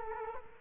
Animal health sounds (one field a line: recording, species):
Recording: mosquito wingbeat signal from an infrared sensor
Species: Culex quinquefasciatus